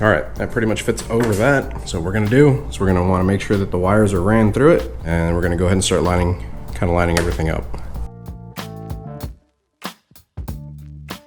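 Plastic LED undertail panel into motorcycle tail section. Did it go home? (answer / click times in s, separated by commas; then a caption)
no / none. Someone talks over background music while lining up a plastic Hotbodies Racing integrated LED undertail panel under the tail section of a sport bike, with its wires run through it. After the talking, a few brief sharp knocks of handling are heard near 8.6, 9.9 and 11.1 seconds. Nothing has snapped or seated into place yet.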